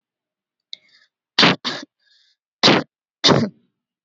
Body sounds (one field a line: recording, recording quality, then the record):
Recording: shallow voluntary cough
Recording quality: excellent, no background noise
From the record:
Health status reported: healthy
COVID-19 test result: negative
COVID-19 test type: RT-PCR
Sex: female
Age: 21 years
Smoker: no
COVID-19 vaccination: both doses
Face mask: worn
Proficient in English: yes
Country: India